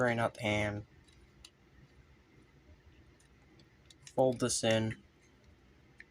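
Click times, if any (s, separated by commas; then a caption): 6.0 s. A plastic hand piece on a transforming combiner robot figure is folded in and pushed into the arm while someone talks. A few faint ticks follow, then a sharp click at 6.0 s as the hand locks into place.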